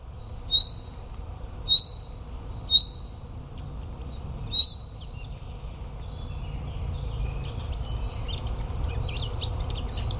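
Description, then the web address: Chaffinch giving four bright, clipped whistled notes one to two seconds apart, then fainter scratchy chatter over a low background hum. "Deverinetal"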